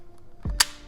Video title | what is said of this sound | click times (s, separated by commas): Will it feed? Krytac MK2 Series PDW CRB SPR - TorontoAirsoft.com | really satisfying click as it goes in | 0.6 s